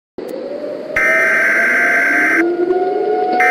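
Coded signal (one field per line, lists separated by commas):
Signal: Emergency Alert System (SAME) tones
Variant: header bursts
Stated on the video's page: Fictional EAS short scenario, not a real alert.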